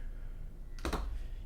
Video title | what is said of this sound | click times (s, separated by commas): Microsoft Surface Pro 4 Unboxing & First Impressions | you're gonna hear that. You can actually hear the mechanism unlock, and then you can pull it up. | 0.9 s